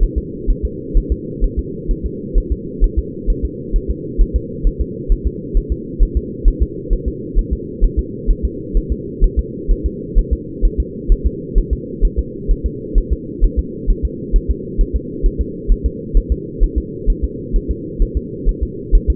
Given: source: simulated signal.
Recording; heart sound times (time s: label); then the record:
fetal heart sounds
0.03 s: S1
0.18 s: S2
0.50 s: S1
0.65 s: S2
0.97 s: S1
1.12 s: S2
1.44 s: S1
1.59 s: S2
1.91 s: S1
2.06 s: S2
2.38 s: S1
2.52 s: S2
2.84 s: S1
2.99 s: S2
3.30 s: S1
3.45 s: S2
3.76 s: S1
3.90 s: S2
4.21 s: S1
4.36 s: S2
4.67 s: S1
4.81 s: S2
5.12 s: S1
5.27 s: S2
5.57 s: S1
5.72 s: S2
6.03 s: S1
6.17 s: S2
6.48 s: S1
6.62 s: S2
6.93 s: S1
7.08 s: S2
7.39 s: S1
7.53 s: S2
7.84 s: S1
7.99 s: S2
8.30 s: S1
8.45 s: S2
8.77 s: S1
8.92 s: S2
9.24 s: S1
9.39 s: S2
9.71 s: S1
9.86 s: S2
10.19 s: S1
10.33 s: S2
10.65 s: S1
10.80 s: S2
11.12 s: S1
11.26 s: S2
11.58 s: S1
11.73 s: S2
12.05 s: S1
12.19 s: S2
12.51 s: S1
12.66 s: S2
12.98 s: S1
13.12 s: S2
13.44 s: S1
13.59 s: S2
13.90 s: S1
14.05 s: S2
14.36 s: S1
14.51 s: S2
14.81 s: S1
14.96 s: S2
15.26 s: S1
15.41 s: S2
15.71 s: S1
15.86 s: S2
16.17 s: S1
16.32 s: S2
16.63 s: S1
16.78 s: S2
17.10 s: S1
17.24 s: S2
17.56 s: S1
17.71 s: S2
18.02 s: S1
18.17 s: S2
18.49 s: S1
18.63 s: S2
18.95 s: S1
19.10 s: S2
From the record:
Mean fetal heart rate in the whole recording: 130 bpm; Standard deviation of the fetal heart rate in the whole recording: 2 bpm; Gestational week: 38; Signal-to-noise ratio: -4.1 dB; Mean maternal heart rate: no maternal heart sound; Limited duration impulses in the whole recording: absent